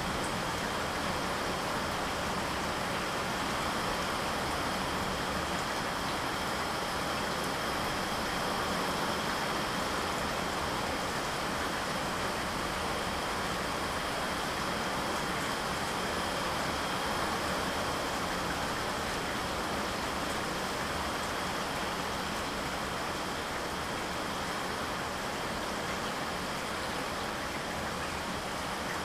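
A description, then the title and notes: Gentle rain falls in a steady, dense hiss that fills the whole 29 seconds without pause or change in loudness. Fine patter runs through the low end, and a faint, even ringing sits in the upper range throughout. The Gentle Rain Relaxes You.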